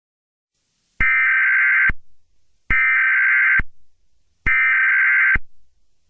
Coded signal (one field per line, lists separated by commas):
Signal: Emergency Alert System (SAME) tones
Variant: header bursts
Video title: EAS Scenario #1: Lost Boy